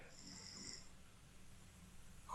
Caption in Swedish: Någon snarkar där bakom.